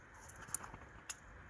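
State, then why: Seated. An ignition coil pack is pushed all the way down onto the spark plugs in a Vauxhall Opel Astra engine and clicks home at 0.6 s. A second, softer click follows at 1.1 s over a low background hiss, and the coil pack is seated.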